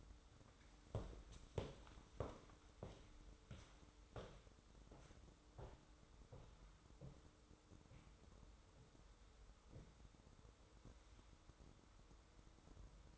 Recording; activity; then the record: daily activity, microphone in the room; walk to room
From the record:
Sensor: 3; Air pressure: 988.2 hPa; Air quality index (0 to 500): 176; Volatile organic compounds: 151 ppm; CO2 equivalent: 4027 ppm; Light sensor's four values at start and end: 24/74/31/27 and 24/75/31/27